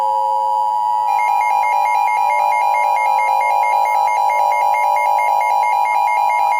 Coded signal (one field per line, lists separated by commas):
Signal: Emergency Alert System (SAME) tones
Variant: 853 and 960 Hz attention tone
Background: music